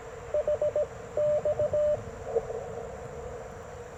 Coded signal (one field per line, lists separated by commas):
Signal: Morse code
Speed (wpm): 18 wpm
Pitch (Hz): 590 Hz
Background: radio noise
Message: HX